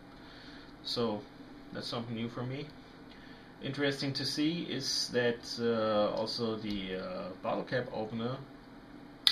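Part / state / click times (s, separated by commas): bottle opener blade locking open in a pocket knife handle / seated / 9.3 s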